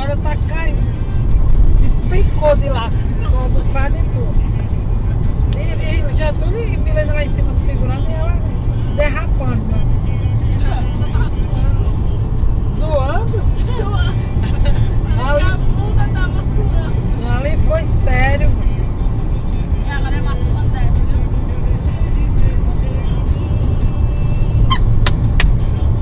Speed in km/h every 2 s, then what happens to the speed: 110, 113, 115, 115, 117, 119, 121, 123, 124, 126, 127, 128, 130.
0-26 speeds up to 130.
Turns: none.